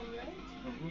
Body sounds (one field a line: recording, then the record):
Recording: background sound without coughing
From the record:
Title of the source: BackgroundMusic